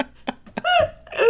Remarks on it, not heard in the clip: I almost choked on a hiccup. It was just like your voice came out.